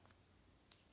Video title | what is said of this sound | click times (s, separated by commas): HANDFAN Water bottle with fan HF7 - Unboxing & Quick Look | you'll see now it's locked into place | 0.7 s